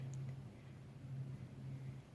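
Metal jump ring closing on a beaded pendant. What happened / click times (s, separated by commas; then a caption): The small metal ring clicked shut / 0.1 s. A small metal jump ring on a beaded pendant is twisted shut with two pairs of pliers, the same way it was opened. A short, faint metallic tick at 0.1 s is heard over a steady low hum. The jump ring clicks closed.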